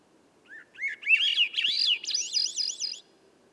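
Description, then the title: Swainson's thrush song phrase, quiet opening note followed by fluid, spiralling whistles that rise steadily and end in fast, high warbles; a faint tap mid-phrase. Single bird singing at dusk by a campsite, about 3 m up a red alder 9 m away, clearing edge among young western hemlock and redcedar; other birds silent; Sound Devices MixPre6 recorder. "A Swainson's Thrush Gift"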